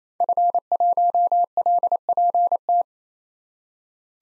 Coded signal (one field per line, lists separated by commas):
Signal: Morse code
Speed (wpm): 28 wpm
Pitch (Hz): 700 Hz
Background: none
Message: F1LPT